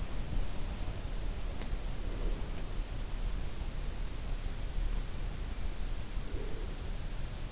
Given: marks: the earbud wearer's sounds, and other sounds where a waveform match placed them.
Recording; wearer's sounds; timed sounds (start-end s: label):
sounds in sleep by an in-ear microphone; breath
1.89-2.76 s: breath
6.19-6.84 s: breath